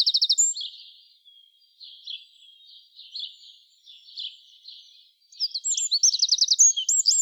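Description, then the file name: Eurasian wren singing: a brief loud trill, then quieter scratchy twittering phrases, before a rapid high trilling burst returns near the end. "Troglodytes troglodytes"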